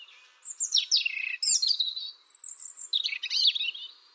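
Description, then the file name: European robin song: a rapid phrase of high thin whistles, falling slurs and trilled notes. "Erithacus rubecula"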